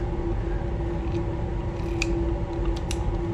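Someone presses the release button on an adjustable flex-head ratchet and swings the head until it locks into a new position on the handle, over a steady low hum with a faint tone. Sharp metallic clicks ring out at 2.0 s and 2.9 s as the head seats, and it is confirmed locked in place.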